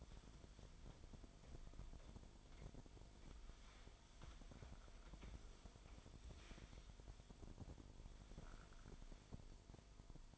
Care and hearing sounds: daily activity, microphone in the room; wipe stove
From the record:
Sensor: 5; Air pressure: 1003.3 hPa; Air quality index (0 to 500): 142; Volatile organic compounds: 2 ppm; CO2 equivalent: 1031 ppm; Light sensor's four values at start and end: 36/80/36/42 and 37/83/37/42

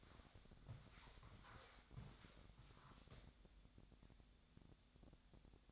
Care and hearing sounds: daily activity, microphone in the room; walk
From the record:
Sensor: 3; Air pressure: 1000.5 hPa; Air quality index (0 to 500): 163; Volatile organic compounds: 3 ppm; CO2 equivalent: 1426 ppm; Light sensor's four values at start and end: 17/43/17/19 and 15/38/16/16

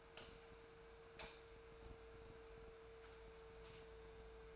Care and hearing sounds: daily activity, microphone in the room; light on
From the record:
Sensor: 2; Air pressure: 1014.4 hPa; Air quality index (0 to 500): 172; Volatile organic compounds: 11 ppm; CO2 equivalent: 2277 ppm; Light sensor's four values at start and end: 20/50/21/23 and 26/69/29/31

